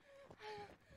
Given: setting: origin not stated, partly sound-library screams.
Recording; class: one-second piece from a danger detection set; woman in danger